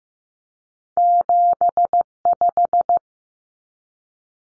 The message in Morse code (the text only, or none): 75